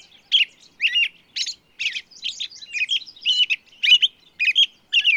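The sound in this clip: Bird song made of brisk, repeated chirping notes in quick succession, fairly even in pitch and loudness throughout.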